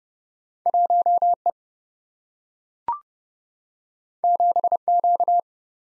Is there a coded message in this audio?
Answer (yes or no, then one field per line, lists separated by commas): yes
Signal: Morse code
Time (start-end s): 0.7-5.4 s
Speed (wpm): 30 wpm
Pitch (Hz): 700 Hz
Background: none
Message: 1E 7Q